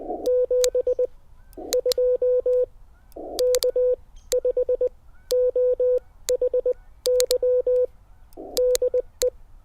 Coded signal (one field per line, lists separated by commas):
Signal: Morse code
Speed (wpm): 20 wpm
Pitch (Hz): 500 Hz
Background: none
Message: 72 K5OHY DE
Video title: My Compact POTA Radio Kit